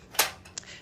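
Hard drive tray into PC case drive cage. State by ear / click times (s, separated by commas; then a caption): seated / 0.6 s. A removable hard drive tray is pushed back into the drive cage of a RIOTORO CR1080 PC case. A loud broadband scrape or knock at 0.2 s is followed by a softer sound near 0.5 s, then a very short, sharp click at 0.6 s as the tray snaps back into position and seats.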